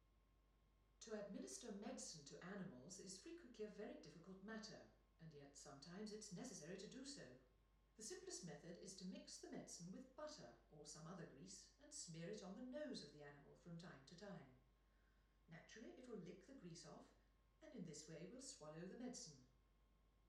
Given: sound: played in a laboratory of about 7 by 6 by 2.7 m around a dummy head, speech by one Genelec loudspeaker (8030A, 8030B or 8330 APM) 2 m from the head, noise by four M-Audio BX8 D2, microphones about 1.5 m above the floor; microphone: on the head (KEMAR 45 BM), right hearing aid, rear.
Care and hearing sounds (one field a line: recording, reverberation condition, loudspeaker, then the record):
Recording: female speech in English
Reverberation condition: medium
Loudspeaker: 150 degrees to the left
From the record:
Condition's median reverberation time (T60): about 510 ms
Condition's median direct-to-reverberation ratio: about -0.5 dB